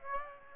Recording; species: mosquito wingbeat signal from an infrared sensor; Aedes aegypti